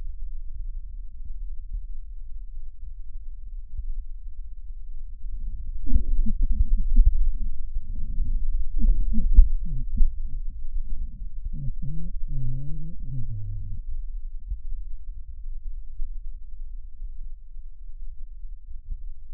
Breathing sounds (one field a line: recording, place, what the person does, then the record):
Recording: lung sounds by stethoscope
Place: right posterior basal chest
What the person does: quiet breathing, then cough and speech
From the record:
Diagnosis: interstitial lung disease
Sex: male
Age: 75 years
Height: 167 cm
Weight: 68 kg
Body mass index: 24.4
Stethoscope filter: bell mode